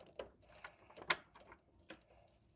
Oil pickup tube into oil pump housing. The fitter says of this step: and then push it in fully seated and you should feel it kind of pop into place